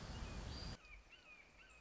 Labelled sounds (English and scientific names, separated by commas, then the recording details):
Red-shouldered Hawk (Buteo lineatus)
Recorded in Sonoma County, California